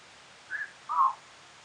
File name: Eurasian-Bittern- -Botaurus-stellaris